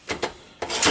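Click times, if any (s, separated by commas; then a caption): 0.6 s. A Ninja Foodi Deluxe multicooker's pressure lid is lined up by its arrows on the front of the pot base and turned clockwise. Two short scraping rubs are followed by a single sharp click at 0.6 s and a continuing rasp as the lid stops. The lid locks into place and is seated.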